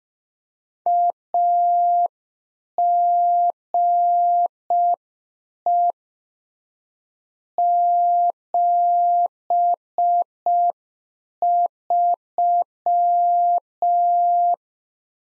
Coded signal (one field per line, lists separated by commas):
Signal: Morse code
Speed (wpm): 5 wpm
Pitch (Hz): 700 Hz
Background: none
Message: AGE 73